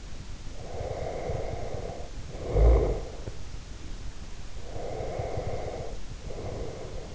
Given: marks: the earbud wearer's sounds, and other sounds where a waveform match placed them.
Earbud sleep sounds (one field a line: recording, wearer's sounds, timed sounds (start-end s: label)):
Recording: sounds in sleep by an in-ear microphone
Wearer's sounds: snoring breath, breath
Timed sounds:
0.47-3.35 s: snoring breath
4.54-7.15 s: breath